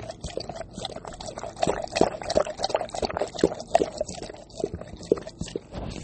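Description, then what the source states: Dog drinking, a steady run of wet lapping clicks that grow busier midway, with soft splashy liquid sounds. Puppy, thirsty, drinking water; dated Jan 11, 2020.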